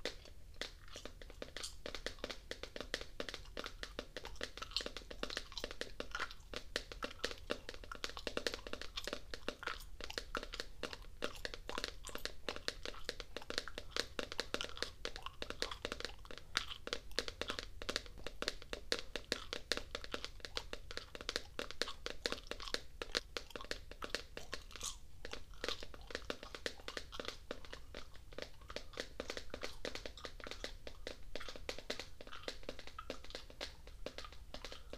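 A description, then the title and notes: Wet gum chewing mixes with rapid, steady finger tapping and faint crinkles throughout, with a low hum. ASMR Gum Chewing and Tapping.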